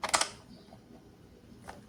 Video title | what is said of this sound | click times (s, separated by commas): Lavadora de Alta Pressão WAP WL 1800 1400W - Teste Real, Prós e Contras | It didn't click yet. | none